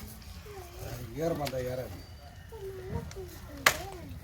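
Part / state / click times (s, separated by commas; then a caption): lid of a plastic container holding a rescued snake / seated / 3.7 s. Someone talks as the lid of a plastic box holding a rescued snake, an Indian cobra, is closed by the rescuer after the snake is put inside. A faint tick at 3.1 s comes before the lid locks shut with a sharp snap at 3.7 s.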